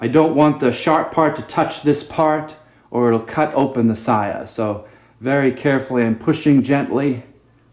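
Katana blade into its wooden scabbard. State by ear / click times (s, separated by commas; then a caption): not seated / none. A katana blade, just cleaned, is being slid carefully and pushed gently back into its wooden scabbard (saya). Someone talks throughout, with brief pauses. Nothing has seated or clicked yet.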